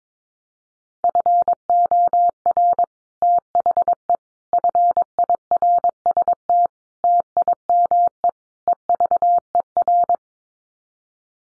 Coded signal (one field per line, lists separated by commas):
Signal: Morse code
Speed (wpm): 22 wpm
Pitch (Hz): 700 Hz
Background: none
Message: FOR THE FIRST TIME EVER